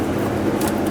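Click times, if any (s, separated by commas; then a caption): none. A fuel line quick-connect coupling for a 1999-2007 Ford F-350 (7.3L Powerstroke) is handled at the fuel tank line fitting after it was found not actually locked. Only a steady low hum and faint handling noise are heard, and nothing has seated or clicked yet.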